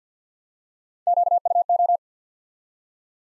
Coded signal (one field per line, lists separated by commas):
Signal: Morse code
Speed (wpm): 48 wpm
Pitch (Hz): 700 Hz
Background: none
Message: QUO